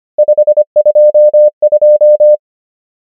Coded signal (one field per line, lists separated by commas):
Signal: Morse code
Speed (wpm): 25 wpm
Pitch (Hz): 600 Hz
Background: none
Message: 5 2 2